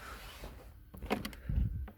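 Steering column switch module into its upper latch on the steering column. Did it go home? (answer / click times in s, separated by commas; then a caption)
no / none. A Peugeot Citroën COM2000 steering column switch module is handled at its upper latch on the steering column, with a few short, sharp ticks around 1.1 to 1.3 seconds and a low thump near 1.6 seconds. Nothing has seated or clicked into place yet.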